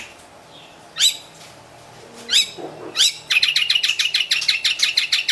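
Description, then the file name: White-rumped shama calls: three sharp separate chips, then a rapid series of short clicking notes. Wild bird from the Medan forest, singing actively (gacor). "suara burung murai batu hutan medan gacor"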